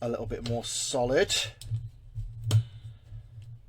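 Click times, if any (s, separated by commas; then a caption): 2.5 s. Someone talks while tightening the clamping bolt on the joint of an Amazon Basics adjustable microphone boom arm with pop filter, trying to stiffen the arm. Instead of holding, the bolt slips out of place with a sharp click at 2.5 s, leaving it stripped and unable to lock the joint.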